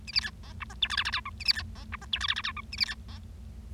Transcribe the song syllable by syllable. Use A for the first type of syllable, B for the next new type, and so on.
A B C D E F G H I I J K A B C D E F G H I I J K A B C D